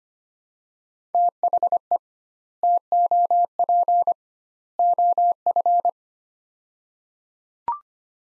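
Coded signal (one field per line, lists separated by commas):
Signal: Morse code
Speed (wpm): 25 wpm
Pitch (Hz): 700 Hz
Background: none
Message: THE TOP OF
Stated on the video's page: Morse practice of three-word sets at 25 wpm with doubled word spacing, a Farnsworth-like method.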